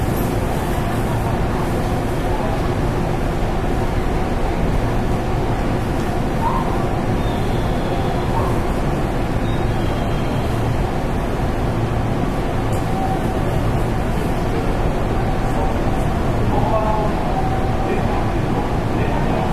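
A train runs between Amagasaki and Kobe with a steady, dense rumble that stays at an even loudness throughout. The low roar dominates, with a faint hiss above it. Brief, faint tonal whines come and go around the eight, twelve and seventeen-second marks.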